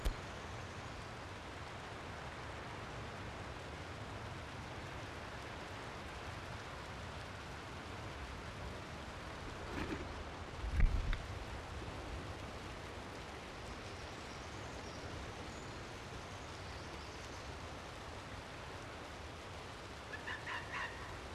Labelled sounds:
Arctic Fox
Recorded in the wild
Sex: female
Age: subadult
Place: Insel Mednyi, Kommandeur-Inseln, RU
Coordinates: 54.5167, 168.083
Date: 1999-07-27
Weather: heiter, 9°C, windstill
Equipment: Sony WM-D6C, Sennheiser MKH 70, Windkorb, Kopie Tascam DA 30
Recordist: Frommolt, Karl-Heinz
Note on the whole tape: Am Wasserfall: drei Bellstrophen (von fünf) von einjähriger Polarfuchsfähe links Weiß/Orange 32. Entfernung 100 m. In ihrer Nähe ist ein unmarkierter Rüde

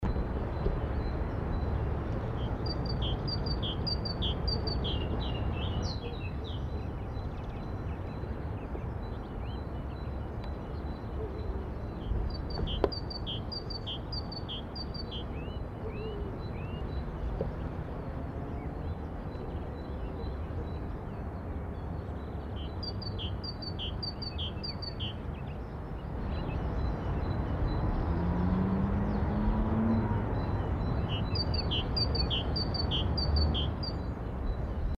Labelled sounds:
Great Tit song
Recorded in the wild
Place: Lana, Bozen, IT
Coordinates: 46.5903, 11.1469
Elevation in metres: 699
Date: 1981-03-29
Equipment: Uher 4000 Report, Sennheiser MKH 815 T
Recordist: Tretzel, Erwin
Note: Am Wahlweg, Bergschenke, Lana bei Bozen, Italien: Gesang "zibe"

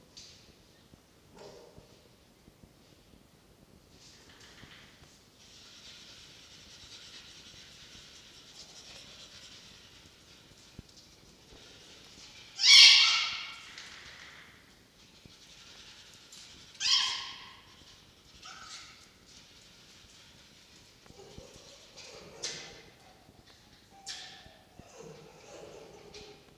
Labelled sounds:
Red Fox
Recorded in captivity
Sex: group
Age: diverse
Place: Zoologisches Institut der HUB, Berlin, DE
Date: 1953-04-06 19:20
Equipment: Elmetra
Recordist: Tembrock, Günter

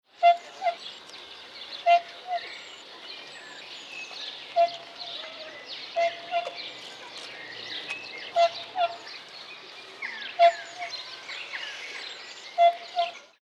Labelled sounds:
Tundra Swan
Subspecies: bewickii
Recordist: Tembrock, Günter
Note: Rufe

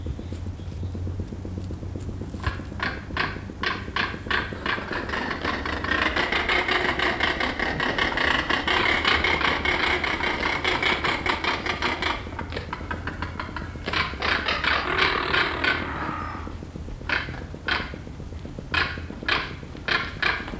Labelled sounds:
Crested Caracara call
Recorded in captivity
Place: Adlerwarte Berlebeck Detmold, Nordrhein-Westfalen, DE
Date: 1985-04-10
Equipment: Halbspur, 9,5 cm/s
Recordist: Lütgens, Hans

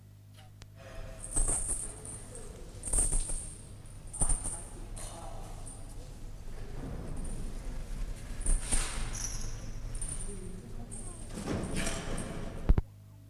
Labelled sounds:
Asian Elephant
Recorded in captivity
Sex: group
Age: diverse
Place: Zoo Berlin, Berlin, DE
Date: 1958-12-31 13:30
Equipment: Reporter (Vollspur)
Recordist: Tembrock, Günter

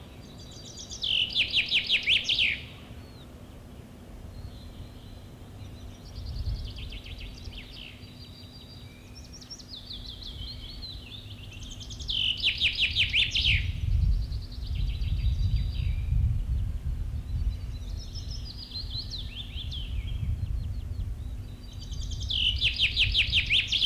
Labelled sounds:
Common Chaffinch song
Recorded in the wild
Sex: male
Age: adult
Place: Schloß Holte-Stukenbrock, Senne, Nordrhein-Westfalen, DE
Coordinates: 51.8681, 8.67111
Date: 1964
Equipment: Uher 4000 Report-S, Bändchenmikro Beyer M 260, Parabolspiegel Polyester (470 mm)
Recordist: Conrads, Klaus

